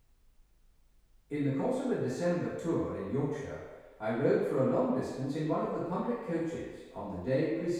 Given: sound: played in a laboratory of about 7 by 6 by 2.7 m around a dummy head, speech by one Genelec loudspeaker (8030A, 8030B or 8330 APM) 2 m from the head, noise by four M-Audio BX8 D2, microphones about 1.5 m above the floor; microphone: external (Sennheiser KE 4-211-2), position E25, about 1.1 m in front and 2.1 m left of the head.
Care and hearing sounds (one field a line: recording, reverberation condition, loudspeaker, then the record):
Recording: male speech in English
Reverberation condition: high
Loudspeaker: in front (0 degrees)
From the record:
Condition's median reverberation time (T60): about 1300 ms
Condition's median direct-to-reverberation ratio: about -4.0 dB